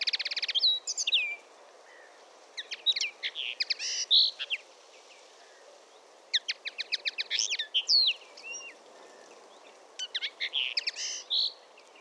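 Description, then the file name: Common linnet singing in separate bursts of twittering song. Each burst mixes quick chirps, slurred whistles and short rattles, and the bursts are split by brief pauses. "Linotte-mélodieuse-Linaria-cannabina"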